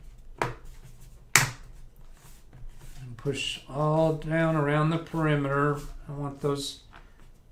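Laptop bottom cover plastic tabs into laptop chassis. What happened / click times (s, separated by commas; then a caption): Plastic cover tabs snapped into place / 0.4 s, 1.4 s. A laptop's plastic bottom cover, already set in lip first, is pressed down around its edge so its plastic tabs snap into the chassis before the screws go back in. Two sharp snaps ring out at 0.4 s and 1.4 s, the second louder, and then someone talks. The tabs are snapped in place and the cover is seated.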